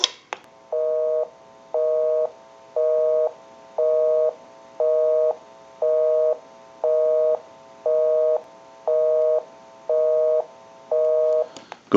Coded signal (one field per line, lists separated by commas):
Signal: telephone call progress tone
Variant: North America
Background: speech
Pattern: busy tone